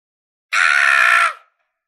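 A single loud, sustained shout lasting under a second, harsh and strained with rich harmonics, cutting off abruptly into silence.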